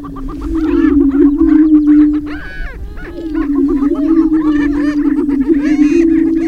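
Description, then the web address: Greater prairie chicken calls: dense loud cackling and whooping over a low humming boom that briefly drops out near the middle, then returns. "Laura's Natural Sounds Greater Prairie Chicken"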